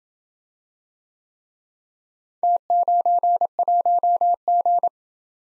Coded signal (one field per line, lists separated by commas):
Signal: Morse code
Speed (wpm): 28 wpm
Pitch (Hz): 700 Hz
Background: none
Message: T91G